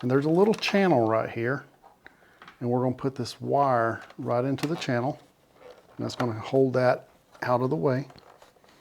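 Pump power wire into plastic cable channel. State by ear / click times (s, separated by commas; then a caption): not seated / none. Someone talks while handling the water pump power wire of a LetPot hydroponic unit, guiding it toward a small plastic retaining channel, with faint handling ticks around 2.1 s and 2.4 s between the speech. Nothing has seated or clicked into the channel yet.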